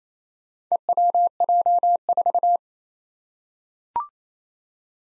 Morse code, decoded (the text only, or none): EWJ4